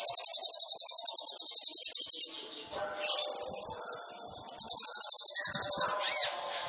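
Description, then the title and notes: Sunbird song: long fast high trills, one running over two seconds, followed by a slightly lower even trill and another rapid bout. Indonesian masteran training recording for songbirds; song with fills (isian) and shots (tembakan), described as gacor and suited as a lure (pancingan). "MASTERAN KOLIBRI NINJA FULL ISIAN DAN TEMBAKAN COCOK BUAT PANCINGAN. Suara Burung Kolibri Ninja Gacor"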